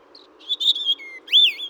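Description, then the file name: European robin song phrase: a short high note, then thin wavering whistles, a lower steady whistle and a sharp rising-then-falling slurred note. "Erithacus rubecula"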